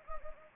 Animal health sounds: mosquito wingbeat signal from an infrared sensor; Anopheles gambiae

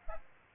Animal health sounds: mosquito wingbeat signal from an infrared sensor; Aedes aegypti

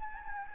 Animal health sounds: mosquito wingbeat signal from an infrared sensor; Anopheles gambiae

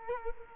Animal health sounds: mosquito wingbeat signal from an infrared sensor; Culex quinquefasciatus

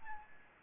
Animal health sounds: mosquito wingbeat signal from an infrared sensor; Aedes albopictus

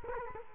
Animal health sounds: mosquito wingbeat signal from an infrared sensor; Culex quinquefasciatus

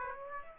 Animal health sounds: mosquito wingbeat signal from an infrared sensor; Aedes aegypti

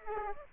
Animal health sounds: mosquito wingbeat signal from an infrared sensor; Aedes aegypti

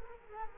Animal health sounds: mosquito wingbeat signal from an infrared sensor; Culex quinquefasciatus

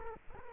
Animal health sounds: mosquito wingbeat signal from an infrared sensor; Culex quinquefasciatus

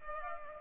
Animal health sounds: mosquito wingbeat signal from an infrared sensor; Culex pipiens

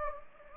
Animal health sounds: mosquito wingbeat signal from an infrared sensor; Anopheles gambiae

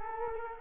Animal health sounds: mosquito wingbeat signal from an infrared sensor; Culex quinquefasciatus

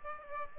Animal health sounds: mosquito wingbeat signal from an infrared sensor; Aedes aegypti

